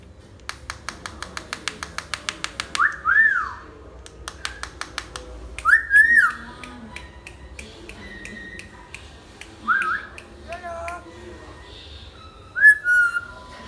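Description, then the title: Hill myna whistled song: a run of sharp clicks, then loud rising-and-falling whistles spaced a few seconds apart, with softer chatter between. Lively-singing (gacor) hill myna; recording intended as a tutor track (masteran) for training birds. "Suara Burung Beo Gacor Cocok Untuk Masteran"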